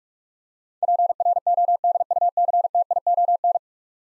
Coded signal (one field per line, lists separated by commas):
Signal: Morse code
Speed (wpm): 44 wpm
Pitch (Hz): 700 Hz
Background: none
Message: PRODUCTION